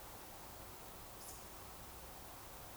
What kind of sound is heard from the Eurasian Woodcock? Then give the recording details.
whistle. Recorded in Baden-Württemberg, Germany, on 29 June 2020 at 02:30 UTC. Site 43791, 788 m above sea level